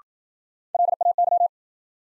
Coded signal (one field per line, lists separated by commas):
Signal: Morse code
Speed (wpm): 53 wpm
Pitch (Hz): 700 Hz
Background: none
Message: LAY